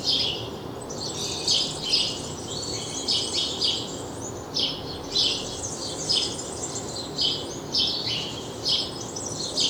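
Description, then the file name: House sparrow chattering in overlapping bursts of rapid chirps, rising and falling in intensity throughout. "Passer domesticus"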